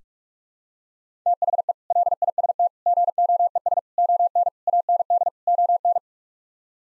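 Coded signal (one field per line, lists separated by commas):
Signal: Morse code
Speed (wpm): 43 wpm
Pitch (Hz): 700 Hz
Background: none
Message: THE LIST GOES ON AND ON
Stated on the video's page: Morse practice sets of six-word phrases at 45 wpm; each set sent, then spoken, then sent again for head-copy practice.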